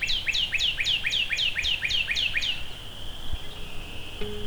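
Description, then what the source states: Northern cardinal song: about nine quick repeated slurred whistles, then a long steady whistled tone, with a low hum appearing near the end. Singing up to the recordist's right.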